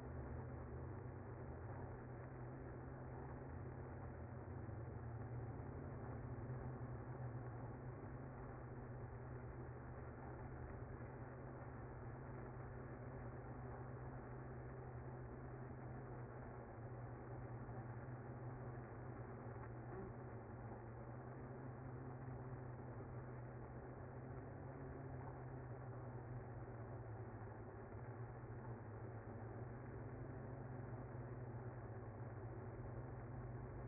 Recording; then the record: honeybee colony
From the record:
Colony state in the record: active